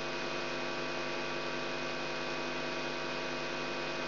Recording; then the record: brain microelectrode recording played as sound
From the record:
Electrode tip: outside the subthalamic nucleus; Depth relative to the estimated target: -6 mm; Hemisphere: right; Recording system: AlphaMap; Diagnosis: Parkinson's disease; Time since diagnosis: 16 years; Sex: male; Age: 67 years